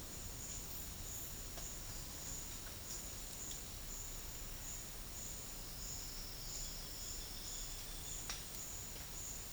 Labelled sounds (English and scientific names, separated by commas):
none